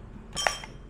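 A pole section is pressed into the joint of a sweeper pole and clicks into place at 0.5 seconds with a sharp, bright clink. A fainter tick follows at 0.6 seconds over low background hiss, and the piece is seated.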